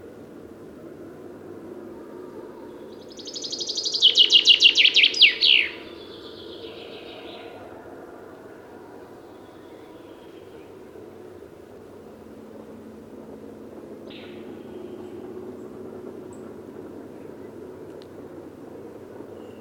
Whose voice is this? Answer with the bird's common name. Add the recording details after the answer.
Common Chaffinch. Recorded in the wild. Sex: Männlich. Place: Babadag, Dobrogea, RO. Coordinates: 44.695, 28.434. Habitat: Forest. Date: 1976-06-01. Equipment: Nagra III BH, Sennheiser MD 21, parabola. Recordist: Schubert, Michael